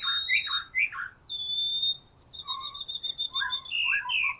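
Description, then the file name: White-rumped shama giving a few mellow slurred notes, then a long, thin steady whistle followed by soft varied phrases. "murai batu"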